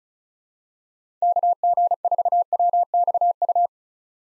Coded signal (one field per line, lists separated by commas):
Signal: Morse code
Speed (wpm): 36 wpm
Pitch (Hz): 700 Hz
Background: none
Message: KG4WXU